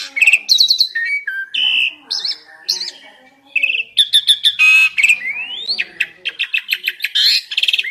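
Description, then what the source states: Asian pied starling pouring out a dense, varied song of squeaky whistles, harsh rattles, rising slurred notes and rapid chattering phrases with hardly a pause. Indonesian name jalak suren; the singing is described as gacor.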